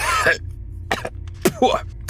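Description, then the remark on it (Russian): A man hawks and clears his throat in a few harsh, rasping bursts over about two seconds, ending with a sharp, wet spit onto the ground. No words are spoken. “Мужчина прочистил горло и громко схаркнул на землю.”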